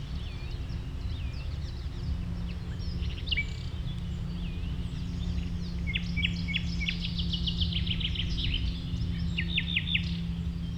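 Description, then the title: Common Nightingale song: whistled phrases and rapid series of sharp repeated notes, over a steady low rumble. Singing at a promenade in Westlicher Düppeler Forst, Germany. "nachtigall und andere voegel. Westlicher Düppeler Forst, Germany"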